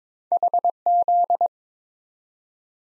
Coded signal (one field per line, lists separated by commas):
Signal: Morse code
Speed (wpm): 22 wpm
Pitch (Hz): 700 Hz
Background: none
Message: HZ